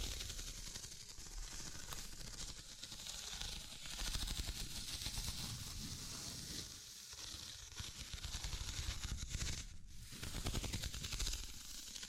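Dense, rapid tapping and scratching run steadily throughout, crackly and rough, with a brief dip near seven seconds and a sharp click near ten.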